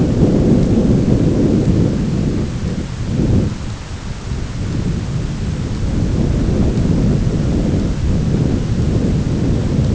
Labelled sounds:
none
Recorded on Arctic tundra, site ZACK-1, on 10 June 2019
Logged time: 15:49

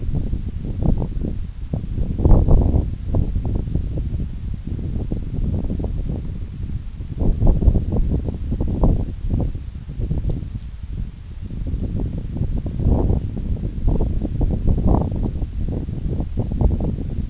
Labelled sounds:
none
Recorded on Arctic tundra, site NAIT-1, on 26 June 2019
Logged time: 16:00

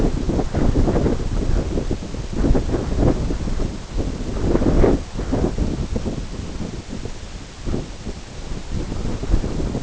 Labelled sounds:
none
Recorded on Arctic tundra, site NAIT-1, on 22 June 2018
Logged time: 13:00

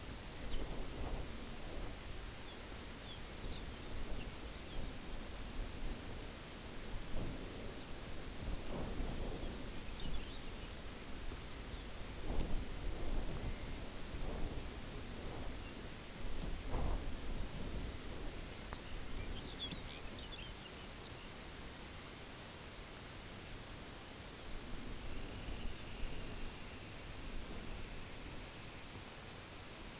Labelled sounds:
unidentified sound
Dunlin
Lapland Longspur
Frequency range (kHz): Dunlin 1.4-3.8 kHz; Lapland Longspur 2.0-6.1 kHz
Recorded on Arctic tundra, site UTQI-0, on 14 June 2019
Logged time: 14:00

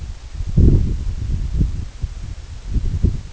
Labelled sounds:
none
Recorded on Arctic tundra, site EABA-1, on 24 June 2018
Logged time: 10:00

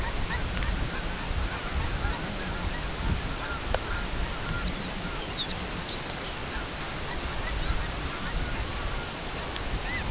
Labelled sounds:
unidentified sound
Lapland Longspur
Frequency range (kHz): Lapland Longspur 2.9-6.2 kHz
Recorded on Arctic tundra, site CORI-1, on 13 June 2018
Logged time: 16:00

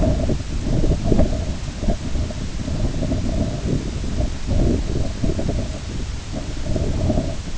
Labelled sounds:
none
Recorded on Arctic tundra, site IGLO-B, on 21 June 2018
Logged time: 07:59

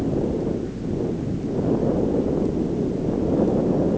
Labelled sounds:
none
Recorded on Arctic tundra, site ZACK-1, on 15 June 2019
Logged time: 19:49

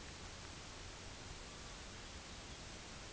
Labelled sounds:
Common Raven
unidentified sound
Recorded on Arctic tundra, site UTQI-5, on 23 June 2018
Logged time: 04:00

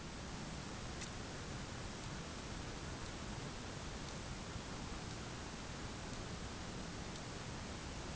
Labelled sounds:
none
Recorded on Arctic tundra, site ZACK-1, on 11 June 2019
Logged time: 01:49

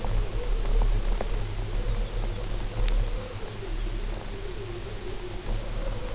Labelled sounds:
Lapland Longspur
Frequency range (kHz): Lapland Longspur 2.9-5.4 kHz
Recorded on Arctic tundra, site UTQI-5, on 19 June 2018
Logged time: 22:00

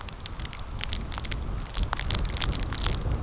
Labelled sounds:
none
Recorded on Arctic tundra, site CORI-1, on 15 June 2018
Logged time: 10:00

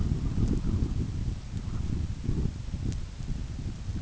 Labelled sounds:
none
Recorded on Arctic tundra, site UTQI-5, on 29 June 2018
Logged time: 16:00

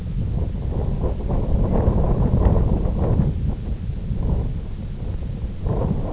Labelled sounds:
none
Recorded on Arctic tundra, site IGLO-F, on 18 June 2018
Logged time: 22:00

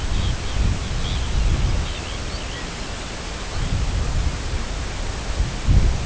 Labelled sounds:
Arctic Tern
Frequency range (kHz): Arctic Tern 1.7-4.9 kHz
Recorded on Arctic tundra, site CORI-1, on 18 June 2018
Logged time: 04:00

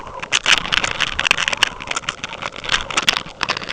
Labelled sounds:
none
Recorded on Arctic tundra, site UTQI-5, on 12 June 2019
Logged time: 00:00

